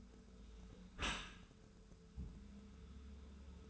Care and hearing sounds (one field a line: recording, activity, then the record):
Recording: daily activity, microphone in the room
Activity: close dishwasher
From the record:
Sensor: 2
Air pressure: 1014.8 hPa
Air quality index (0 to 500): 25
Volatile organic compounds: 0 ppm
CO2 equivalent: 500 ppm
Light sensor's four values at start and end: 10/23/9/10 and 10/23/9/10